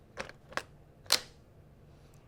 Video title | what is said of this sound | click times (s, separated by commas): MEP Sachtler Tripod | we snap it down it locks in place so always check and see that it's holding steady | 0.6 s, 1.1 s